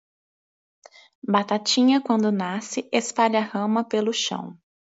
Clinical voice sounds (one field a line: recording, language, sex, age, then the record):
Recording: short text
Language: Brazilian Portuguese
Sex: female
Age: 30 to 39 years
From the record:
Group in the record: control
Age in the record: 31 years